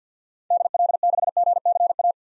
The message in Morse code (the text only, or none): DL6GCA